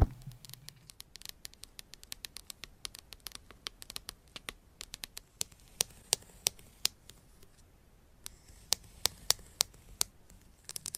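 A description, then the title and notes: Sharp, crisp taps and scratches, as in a massage, sound in an irregular but steady stream through the whole stretch. The clicks come several per second, some louder and brighter than others, over a faint hiss, with a brief low rumble at the very start. Scratching , Tapping , Massage & More No Talking.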